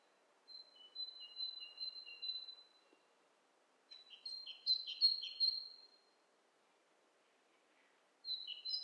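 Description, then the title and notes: Bird calls: a series of high steady whistles over a lower line of notes, a pause, a burst of chirpy notes, another pause, then a further call beginning. Two birds interacting; lo-fi recording. "bird dialogs. lo-fi recording of two birds interacting"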